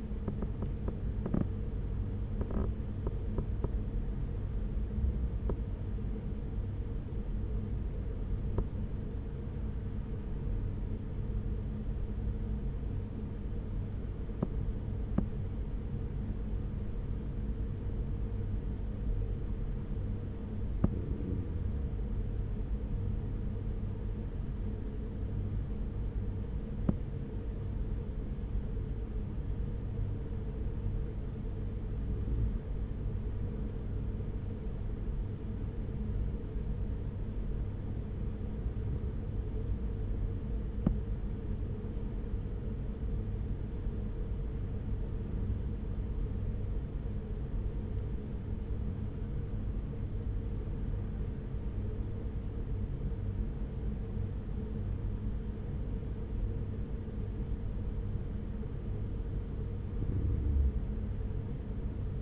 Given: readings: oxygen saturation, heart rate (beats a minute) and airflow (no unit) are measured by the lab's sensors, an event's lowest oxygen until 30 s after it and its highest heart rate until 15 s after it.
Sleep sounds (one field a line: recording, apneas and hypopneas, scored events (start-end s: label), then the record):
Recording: breathing in sleep by a smartphone at the bedside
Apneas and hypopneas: 1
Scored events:
0.00-5.00 s: awake
3.00-62.22 s: new sleep stage, N1 (lightest sleep)
31.00-56.40 s: hypopnea (N1, oxygen 96% highest, then 94% lowest, heart rate 46 at the start, 50 highest)
From the record:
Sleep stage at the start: awake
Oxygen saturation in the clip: 94 to 96%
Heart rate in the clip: 45 to 75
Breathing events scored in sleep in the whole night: 210 in 6.9 hours asleep